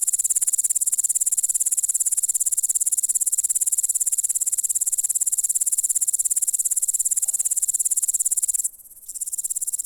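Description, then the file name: Grasshopper buzz, a sustained high-pitched pulsing trill with a brief break near the end before it resumes. "zvuki kuznechika"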